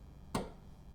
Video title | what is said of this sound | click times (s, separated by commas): Dad Installs Smart Recessed Lights & Smart Switch (Lumary) | that came with a product and just pop it right over top. It'll snap right in. | 0.3 s